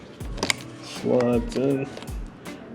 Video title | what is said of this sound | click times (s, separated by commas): How To Install a USB Charging Port On Your Motorcycle - Kawasaki Z900 | heard it click in the place | 0.5 s